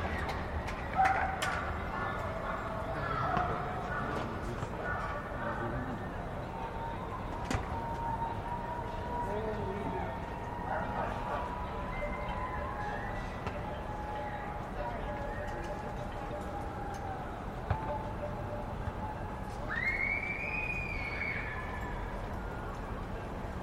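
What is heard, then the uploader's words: New Yorkers call out from their windows across the city in a steady, dense wash of voices and scattered shouts. A few sharp knocks or claps stand out near the start and around seven seconds, and a rising whistle or horn-like call sounds near twenty seconds. Each evening at 7pm, New Yorkers go to their windows to cheer the essential workers. What it sounds like in Washington Heights.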